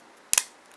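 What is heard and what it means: A plastic back cover is pressed into a MagicBand 2 Magic Keeper keychain accessory holder over the band insert. A sharp plastic click comes at 0.3 s and a second snap follows at 0.4 s. The cover only partly seats and is not all the way in.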